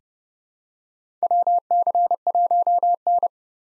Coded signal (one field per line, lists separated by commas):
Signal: Morse code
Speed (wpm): 32 wpm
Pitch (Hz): 700 Hz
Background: none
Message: WC1N